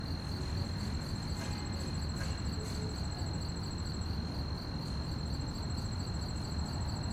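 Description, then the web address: Crickets chirp in a rapid steady pulse while a higher trill runs, pauses about a second, then resumes, over soft low rumbling noise. Fast-chirping crickets at night on a quiet street, with distant activity and slight wind. "GDC 2017-Game Audio Bundle Articulated Sounds - Quiet Streets QUIET STREET Night fast chirp crickets, distant activities, slight wind"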